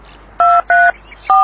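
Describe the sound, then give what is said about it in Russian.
Three short telephone keypad tones sound in an uneven rhythm as a woman phones one of Lyalin's people, each a steady dual-pitched beep lasting a fraction of a second, the last one pitched slightly differently, heard clearly over a quiet background. “Я позвонила одному из людей Лялина и по телефону узнала адрес Пастухова Романа Олеговича.”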